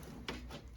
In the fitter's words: go into the shroud and then you press them down and they give you a little click.